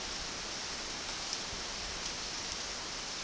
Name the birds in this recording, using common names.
none